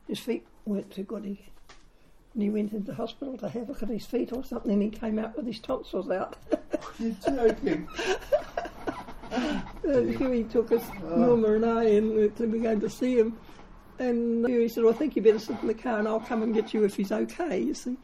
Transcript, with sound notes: His feet weren’t too good and he went into hospital to have a look at his feet or something and he came out with his tonsils out. [Chuckle] You’re joking! [Laughter] Hughie took us – Norma and I in – we were going to see him, and Hughie said “oh, I think you’d better sit in the car and I’ll come and get you if he’s okay”, you see.